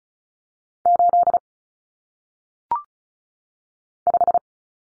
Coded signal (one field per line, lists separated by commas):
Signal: Morse code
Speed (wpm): 34 wpm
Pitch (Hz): 700 Hz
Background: none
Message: 8 5